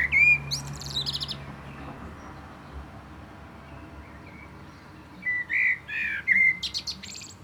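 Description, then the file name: Common blackbird: high buzzy twitters at the start, a quiet gap, then a mellow fluted warble with interleaved shrill squeaky notes. "Turdus merula"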